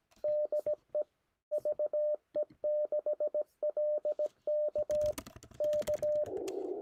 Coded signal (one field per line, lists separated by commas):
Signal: Morse code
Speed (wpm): 17 wpm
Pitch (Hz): 590 Hz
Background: radio noise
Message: DE VE6LK K